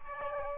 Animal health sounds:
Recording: mosquito wingbeat signal from an infrared sensor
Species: Aedes aegypti

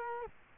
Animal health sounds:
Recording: mosquito wingbeat signal from an infrared sensor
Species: Culex quinquefasciatus

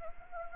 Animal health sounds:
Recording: mosquito wingbeat signal from an infrared sensor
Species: Anopheles gambiae

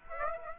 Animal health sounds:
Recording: mosquito wingbeat signal from an infrared sensor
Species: Aedes aegypti

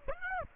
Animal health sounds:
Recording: mosquito wingbeat signal from an infrared sensor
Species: Aedes aegypti

